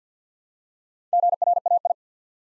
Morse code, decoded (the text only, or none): GRAI